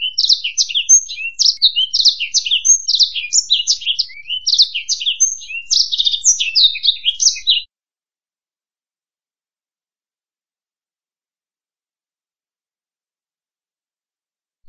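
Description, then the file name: Black-throated canary song, a dense, high, rapid twitter of chirps and trills lasting about eight seconds, followed by silence. "suara burung blackthroat"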